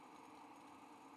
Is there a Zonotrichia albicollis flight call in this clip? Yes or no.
no